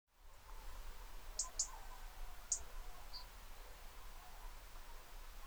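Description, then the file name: European robin giving short, sharp high ticking calls, two close together, then a single tick and a softer fourth note, over steady low background hiss. "Erithacus rubecula"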